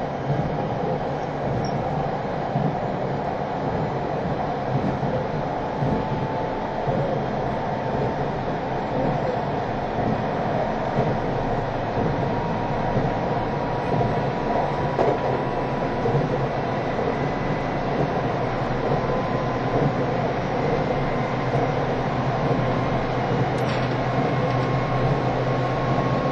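A train runs steadily with a constant low rumble and rattling, dense and unbroken for the whole stretch. A faint tone slowly rises in pitch through the middle, and a brief squeal or click pops out near 24 seconds.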